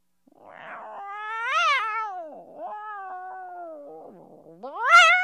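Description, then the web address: Cat meowing: a rough short sound, then a rising and falling meow, a long flat cry, and a sharply rising meow at the end. "animals cat"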